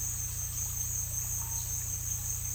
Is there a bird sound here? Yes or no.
yes